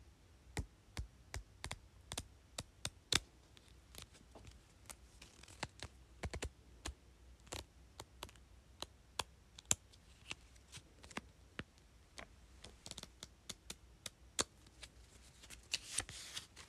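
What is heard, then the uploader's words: Sticky notes being flipped and tapped, producing sharp, crisp clicks at an irregular rate of roughly two to three per second throughout. Between the taps come soft papery rustles, with a brighter swishing flurry near the end, over a low, quiet hum. Flipping and tapping sticky notes.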